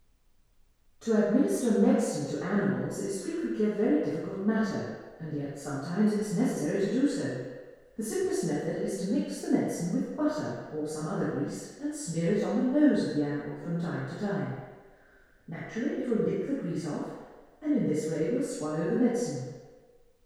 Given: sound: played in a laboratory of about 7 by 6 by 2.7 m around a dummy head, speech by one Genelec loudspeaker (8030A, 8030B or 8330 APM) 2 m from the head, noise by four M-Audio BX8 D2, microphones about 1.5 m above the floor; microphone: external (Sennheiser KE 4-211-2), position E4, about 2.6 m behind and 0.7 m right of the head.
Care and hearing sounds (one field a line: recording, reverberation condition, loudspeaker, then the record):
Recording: female speech in English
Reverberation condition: high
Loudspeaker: 120 degrees to the right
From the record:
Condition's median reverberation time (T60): about 1300 ms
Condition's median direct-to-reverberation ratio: about -4.0 dB